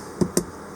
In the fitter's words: so we'll just plug this bad boy in you'll hear it snap